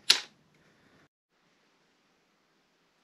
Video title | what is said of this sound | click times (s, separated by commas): ST220 FUEL PUMP UPGRADE | then your fuel fuel sender that should also just click back into place | 0.1 s